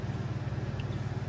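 The battery door on the rechargeable battery pack of a Streamlight Stinger 2020 flashlight is being handled and closed, against a steady low hum. A faint, brief high-pitched tick comes near 0.8 s. Nothing has seated or clicked yet, as the clip ends before the door locks into place.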